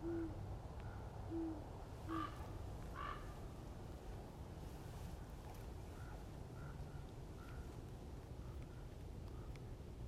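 Great horned owl hoots repeat in the first three seconds, low soft notes in quick pairs, while crows caw in brighter bursts, most around two to three seconds and again after six. A steady low rumble fills the background throughout.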